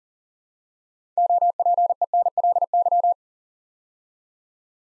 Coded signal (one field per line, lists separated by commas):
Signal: Morse code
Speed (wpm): 40 wpm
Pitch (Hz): 700 Hz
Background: none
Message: OPENLY